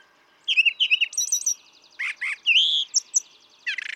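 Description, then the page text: Brown thrasher song phrases: paired slurred notes, a harsh buzzy burst, then a rising whistle and a final rasping chatter. Same male singing a long continuous sequence at Atlanta, Michigan, March 28, 2017; one of several selections totalling about three and a quarter hours; repertoire estimated at about 1300 songs. "Birdsong for the Curious Naturalist. Brown thrasher"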